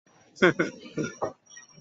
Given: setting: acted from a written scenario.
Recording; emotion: vocal sound without words; sadness